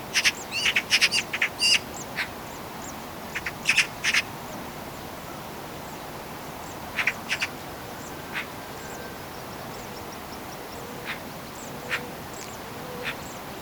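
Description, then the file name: Eurasian magpie giving harsh, rasping chack notes in rapid clustered bursts early on, then a few scattered single notes over steady hiss. "Pica pica"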